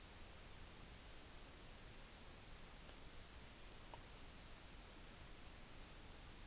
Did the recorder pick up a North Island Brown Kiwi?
no